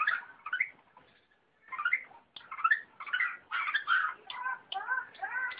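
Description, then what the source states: Long-tailed shrike song in lower-pitched bursts: scratchy warbles, a brief pause, then chattering phrases ending in a few repeated upward-curving notes. Combination song (kombinasi) style.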